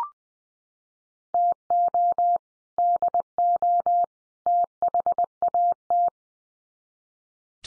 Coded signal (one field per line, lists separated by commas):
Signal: Morse code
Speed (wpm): 20 wpm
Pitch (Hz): 700 Hz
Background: none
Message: TO DO THAT